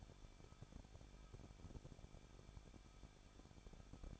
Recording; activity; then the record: daily activity, microphone in the room; no activity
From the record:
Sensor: 5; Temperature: 20.8 degrees Celsius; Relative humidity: 38.3%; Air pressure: 1006.6 hPa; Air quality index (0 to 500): 185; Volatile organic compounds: 17 ppm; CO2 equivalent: 2588 ppm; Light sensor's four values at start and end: 2/3/1/1 and 2/3/1/1